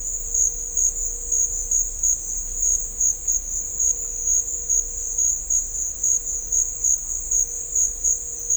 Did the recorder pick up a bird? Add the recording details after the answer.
no. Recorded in dense forest near Puerto Asís, Putumayo, Colombia, on 18 December 2024 at 14:00. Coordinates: 0.500, -76.322. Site G053